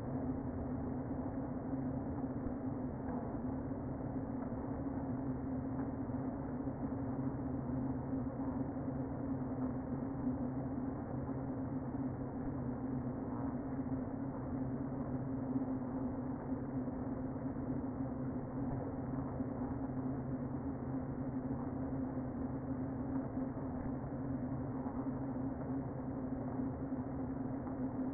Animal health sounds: honeybee colony, microphone inside the hive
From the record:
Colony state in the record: queen present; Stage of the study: before two queens were removed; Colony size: about 60,000 bees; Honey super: yes

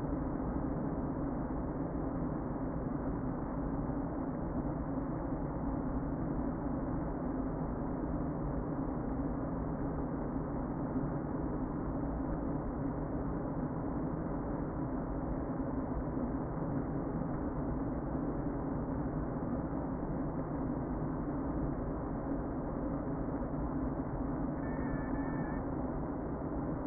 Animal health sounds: honeybee colony, microphone inside the hive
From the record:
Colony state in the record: queen present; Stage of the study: before two queens were removed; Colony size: about 60,000 bees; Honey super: yes

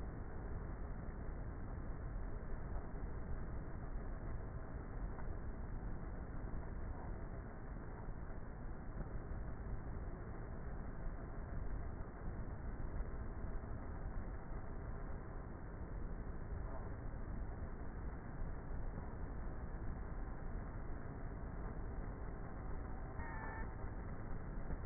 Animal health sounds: honeybee colony, microphone inside the hive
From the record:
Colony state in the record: queenless with a low population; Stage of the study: before two queens were removed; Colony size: about 30,000 bees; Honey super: no

